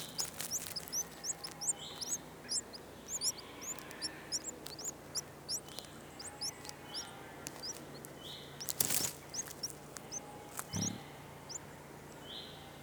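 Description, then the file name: Eurasian wren calls, short high chirping notes in quick uneven series throughout, with a steady repeated flat tone and a low background hum. "Troglodytes troglodytes"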